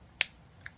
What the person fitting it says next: I like that click.